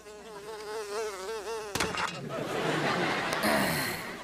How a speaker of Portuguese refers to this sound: Mosca idiota.